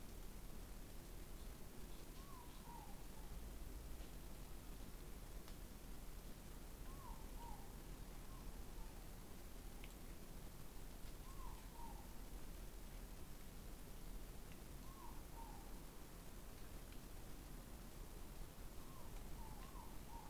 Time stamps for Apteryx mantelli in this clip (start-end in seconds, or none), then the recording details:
none. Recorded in New Zealand on 20 November 2013. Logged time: 21:14. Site CG25